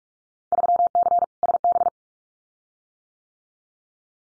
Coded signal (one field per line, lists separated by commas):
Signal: Morse code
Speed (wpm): 44 wpm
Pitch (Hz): 700 Hz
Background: none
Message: 3C SB